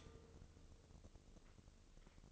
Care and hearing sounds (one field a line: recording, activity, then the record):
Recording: daily activity, microphone in the room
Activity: stop toaster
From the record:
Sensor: 4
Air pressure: 1008.1 hPa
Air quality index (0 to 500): 108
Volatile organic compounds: 1 ppm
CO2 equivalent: 795 ppm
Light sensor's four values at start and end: 8/18/7/7 and 8/18/7/7